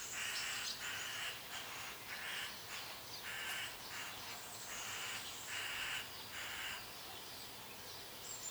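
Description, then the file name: Eurasian magpie chattering, a series of harsh rattling bursts at irregular intervals over steady background hiss. "Pica pica"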